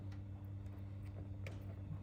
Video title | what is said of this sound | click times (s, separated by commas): Late Model Lighting Headlight Install/review 98-02 F Body LED Upgrade | into this connector and you should hear it snap in real nice and it's going to be nice and engaged | 1.5 s